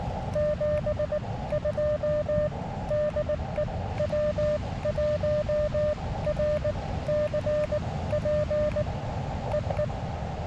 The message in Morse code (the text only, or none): 72 DE W1RCP EE